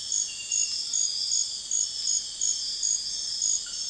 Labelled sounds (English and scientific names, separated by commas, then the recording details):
none
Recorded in secondary vegetation near Puerto Asís, Putumayo, Colombia, on 4 March 2025 at 03:30
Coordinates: 0.498, -76.327
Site G001